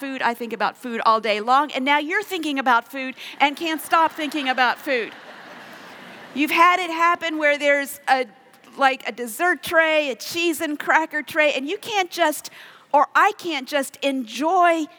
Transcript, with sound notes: I think about food all day long. And now you’re thinking about food and can’t stop thinking about food. (laughter) You’ve had it happen where there’s, like, a dessert tray, a cheese and cracker tray, and you can’t just—or I can’t just—enjoy